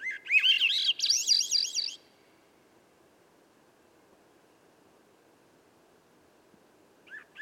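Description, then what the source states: Swainson's thrush song phrase spiralling upward, followed by a few seconds of faint background hiss before the next phrase begins. Single bird singing at dusk near a campsite, perched about 9 m away, 3 m up in a red alder at a cut clearing edge among young western hemlock and redcedar; MixPre6 recorder, Pluggy microphone.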